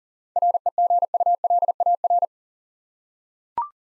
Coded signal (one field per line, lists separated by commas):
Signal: Morse code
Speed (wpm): 38 wpm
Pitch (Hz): 700 Hz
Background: none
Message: REGULAR